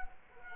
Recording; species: mosquito wingbeat signal from an infrared sensor; Culex quinquefasciatus